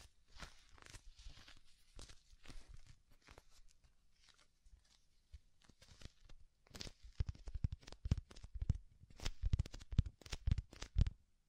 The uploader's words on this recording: ASMR Deep Ear Tingles Soft & Fluffy Triggers (No Talking).